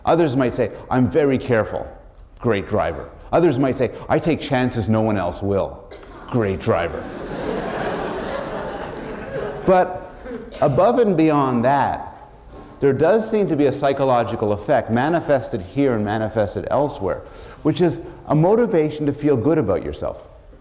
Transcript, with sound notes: Others might say, “I’m very careful, great driver.” Others might say, “I take chances no one else will — great driver,” [laughter] but above and beyond that there does seem to be a psychological effect manifested here and manifested elsewhere, which is a motivation to feel good about yourself.